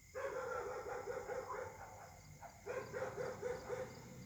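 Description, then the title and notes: Dog barking in two fast runs of about four barks a second, brief pause between runs, faint steady hum behind. Several dogs barking at night in Caltex, 3 Mares, Réunion; recorded on a Samsung Galaxy S8 smartphone with a partly clogged left microphone. "Caltex, 3 mares, Réunion - h08. La nuit s'annonce difficile pour les habitants: concert de chiens"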